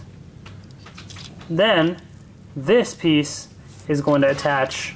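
A plastic toy train car piece is attached to the bottom of a transforming, combining toy train robot after the lion piece has been folded in. Soft plastic handling taps sound near 0.5, 0.7 and 1.1 seconds, with the small click of the piece seating at 1.0 seconds, while someone talks. The piece clicks into place.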